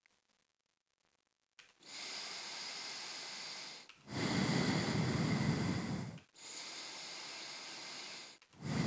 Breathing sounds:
nose breathing near a microphone
1.57-3.87 s: inhalation
3.87-6.17 s: exhalation
6.17-8.42 s: inhalation
8.42-8.87 s: exhalation
From the record:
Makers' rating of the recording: medium

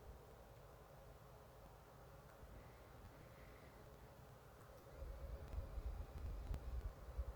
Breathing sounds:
nose breathing near a microphone
2.17-4.52 s: inhalation
4.52-7.36 s: exhalation
From the record:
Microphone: phone

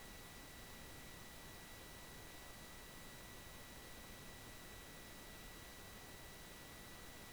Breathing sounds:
nose breathing near a microphone
2.56-5.26 s: inhalation
5.26-7.33 s: exhalation
From the record:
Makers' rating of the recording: bad

